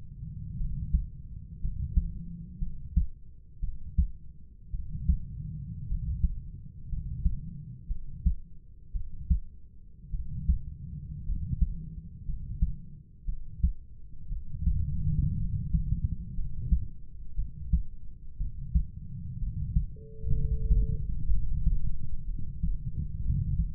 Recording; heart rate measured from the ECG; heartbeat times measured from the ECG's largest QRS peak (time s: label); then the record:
heart sounds by stethoscope; 58 bpm
0.58 s: heartbeat
1.61 s: heartbeat
2.59 s: heartbeat
3.60 s: heartbeat
4.71 s: heartbeat
5.88 s: heartbeat
6.89 s: heartbeat
7.88 s: heartbeat
8.93 s: heartbeat
10.11 s: heartbeat
11.25 s: heartbeat
12.25 s: heartbeat
13.26 s: heartbeat
14.29 s: heartbeat
15.38 s: heartbeat
16.35 s: heartbeat
17.36 s: heartbeat
18.38 s: heartbeat
19.40 s: heartbeat
20.34 s: heartbeat
21.29 s: heartbeat
22.26 s: heartbeat
23.23 s: heartbeat
From the record:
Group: healthy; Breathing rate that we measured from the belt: 12 breaths a minute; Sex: male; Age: 25 years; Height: 170 cm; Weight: 70.4 kg